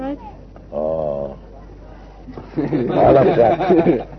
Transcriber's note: laughter